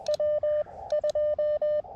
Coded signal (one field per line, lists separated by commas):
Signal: Morse code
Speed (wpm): 20 wpm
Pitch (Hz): 600 Hz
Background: radio noise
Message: W 2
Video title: CW POTA at K-2032 with the Elecraft KX2 and AX2 antenna